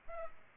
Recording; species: mosquito wingbeat signal from an infrared sensor; Culex pipiens